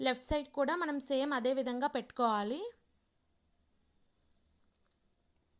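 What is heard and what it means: A woman talks for about the first 2.7 seconds while the left-side leg rod of a Baybee 4-in-1 plastic high chair is being handled at its hole in the frame, followed by near silence to the end. The rod is not yet pushed home, and nothing has seated or clicked yet.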